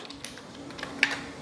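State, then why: Seated. A 3D printed PLA wheel fitted with magnets is pressed onto the body of a desktop model car. A few faint light ticks come first, then the wheel snaps into place with one sharp, loud click at 1.0 s.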